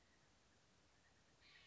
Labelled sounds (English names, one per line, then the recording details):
Steller's Jay
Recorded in Sonoma County, California